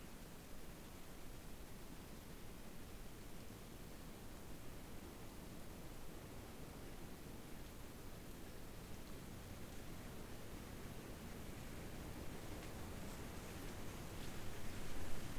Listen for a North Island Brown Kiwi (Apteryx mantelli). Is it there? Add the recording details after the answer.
no. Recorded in New Zealand on 7 January 2015. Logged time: 23:58. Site BX23